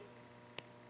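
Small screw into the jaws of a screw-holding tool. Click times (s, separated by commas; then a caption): 0.6 s. A vintage screw-holding tool, used for ignition points and condensers, is pressed onto the head of a small screw until the screw snaps into its jaws. Over a low steady background hum, a single short, sharp snap is heard at 0.6 s. The screw is seated and now held in the tool.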